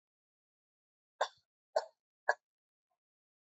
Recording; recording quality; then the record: shallow voluntary cough; excellent, no background noise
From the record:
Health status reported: healthy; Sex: male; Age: 30 years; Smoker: yes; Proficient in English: yes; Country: India